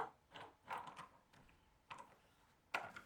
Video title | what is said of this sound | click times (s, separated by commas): The most COMPLICATED watch I've EVER BUILT from AliExpress! | And here we can see the moment that the crystal pops into place. | 2.7 s